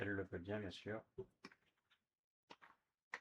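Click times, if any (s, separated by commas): none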